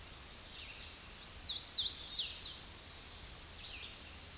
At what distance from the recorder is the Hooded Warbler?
about 30 m